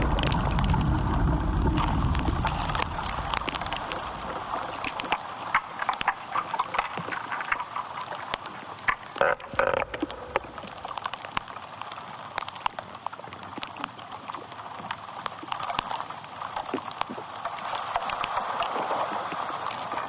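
Inside an ash tree, a dense crackling texture of tiny clicks and ticks runs throughout, with sharper pops clustered around the middle. A low rumble fills the first two seconds, then fades, leaving a steady, hissy mid-range bed.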